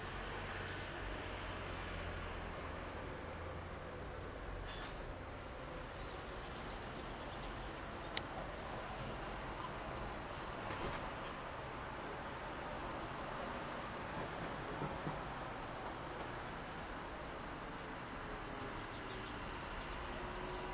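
Street sounds from a balcony on the outskirts of Verona: a steady, even wash of traffic noise with a soft low rumble underneath. A sharp click stands out around eight seconds, and faint passing swells come and go, with no clear birdsong.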